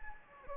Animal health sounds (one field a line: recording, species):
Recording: mosquito wingbeat signal from an infrared sensor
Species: Anopheles gambiae